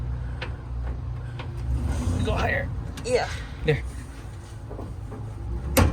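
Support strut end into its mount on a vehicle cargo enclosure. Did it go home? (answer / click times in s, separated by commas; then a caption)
yes / 5.8 s. The end of a gas support strut on a Ford Bronco cargo enclosure is pushed onto its ball stud mount while someone talks. A sharp snap is heard at 5.8 s as the strut end seats onto the ball stud.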